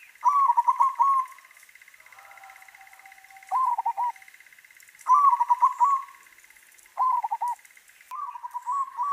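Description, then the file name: Zebra dove song: rippling cooed trills in five phrases with pauses between, over a steady faint high hum. White variety. "suara perkutut putih"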